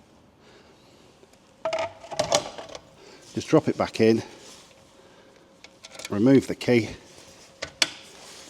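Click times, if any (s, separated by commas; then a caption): 7.8 s. A removable battery on an ENGWE E26 all-terrain e-bike is dropped back into its frame cradle and locked, with the key turned and then removed, while someone talks. Several sharp knocks and rattles are heard around 1.7–2.8 s and 5.6–6.0 s. A loud sharp click at 7.8 s, just after a smaller one at 7.6 s, marks the battery seating in its mount.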